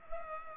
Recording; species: mosquito wingbeat signal from an infrared sensor; Culex pipiens